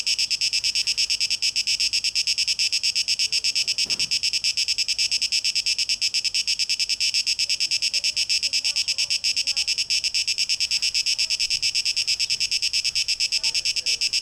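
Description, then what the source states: Cicadas sing a continuous pulsed rasping drone, evenly throbbing at a rapid rate, with faint soft notes in the background. Cicadas, 12 August 2023, tape echo mix.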